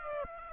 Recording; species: mosquito wingbeat signal from an infrared sensor; Aedes aegypti